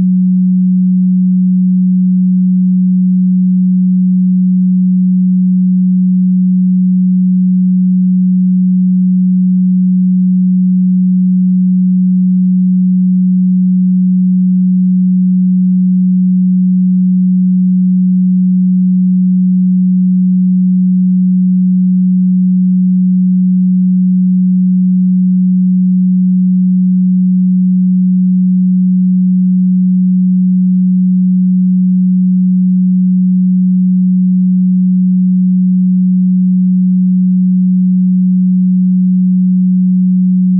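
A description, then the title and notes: A pure tone at 183.58 Hz holds perfectly steady for the full forty seconds, a single low hum with no overtones or wavering. Its loudness never changes, and there are no other sounds, breaks or background noise around it. PURE 183.58 HZ 100% MOST POWERFUL Jupiter Frequency.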